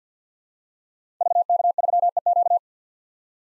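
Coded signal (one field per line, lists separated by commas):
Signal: Morse code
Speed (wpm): 50 wpm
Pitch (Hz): 700 Hz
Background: none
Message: VK3EQ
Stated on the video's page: Head-copy drill of common SOTA activator call signs at 50 wpm, each sent in Morse, spoken, then sent again.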